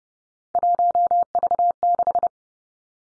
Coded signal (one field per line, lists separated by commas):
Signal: Morse code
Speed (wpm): 30 wpm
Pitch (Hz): 700 Hz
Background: none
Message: 1V6